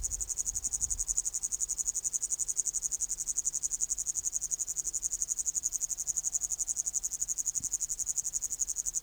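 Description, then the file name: Upland green bush-cricket giving a constant, shrill rapid-pulsed trill, with a soft low rumble at the start. "Tettigonia cantans"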